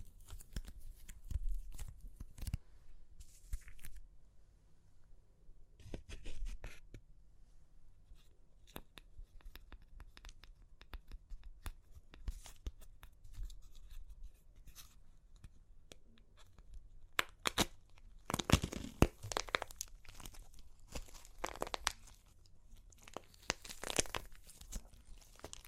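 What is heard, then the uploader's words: Crunchy clay cracks and crumbles in a dense run of sharp crackles and snaps, with low thumps underneath. Brief quieter gaps break up the clusters. The crunching grows thicker and brighter after about 17 seconds, with the loudest bursts near 19 and 24 seconds. Super Crunchy Clay Cracking (No Talking).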